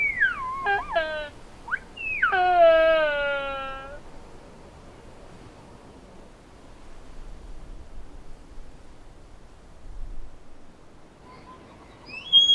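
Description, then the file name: Sika deer rutting calls: a few sharp, harmonic-rich whistled squeals that swoop downward, followed by a long quiet gap, with fainter high notes near the end. Sika deer recorded at Sheding during the rut. "社頂-梅花鹿發情-姜博仁"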